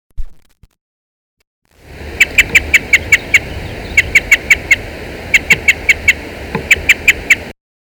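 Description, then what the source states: Parrot crossbill calls: short, hard chup notes given in quick bursts of four to seven, with brief pauses between bursts, over a steady hiss of background noise. Parrot crossbill call of type D.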